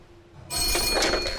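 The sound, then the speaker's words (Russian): After a brief hush, a telephone abruptly starts ringing: a loud, bright, rattling bell that pulses in quick bursts, with no voices; it is a Christmas call from sailor Donald Crowhurst at sea, put through by the Portishead telephone exchange to Mrs Crowhurst. “Звонок от Дональда Кроухерста, миссис Кроухерст.”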